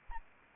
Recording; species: mosquito wingbeat signal from an infrared sensor; Anopheles arabiensis